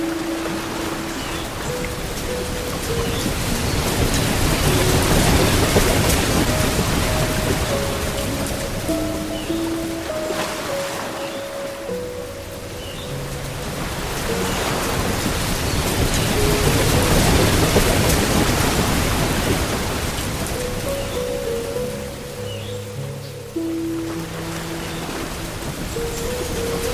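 Soft, steady rain hiss fills the whole clip, swelling gently around five and seventeen seconds and easing between. Beneath it, quiet sustained piano notes drift in slow, stepwise patterns in the low and middle range, with chords changing every second or two.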